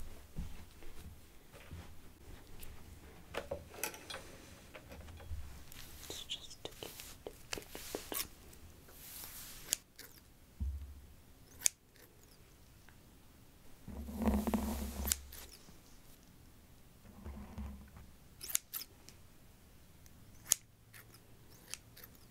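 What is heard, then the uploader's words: A haircut in progress: sharp scissor snips and short clicks land irregularly, with sudden bright clicks near 10, 12 and 20.5 seconds. Soft rustling and brushing fill the gaps, and a low thumping hum swells in patches, strongest around 14 to 15 seconds. ASMR The Most Relaxing Haircut And Hair Wash (realistic layered sounds).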